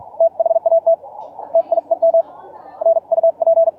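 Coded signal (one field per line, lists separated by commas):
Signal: Morse code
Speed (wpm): 48 wpm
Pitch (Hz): 660 Hz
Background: radio noise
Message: THAT TIEM NUP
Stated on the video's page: Fast QRQ CW recorded on a scheduled contact between two operators.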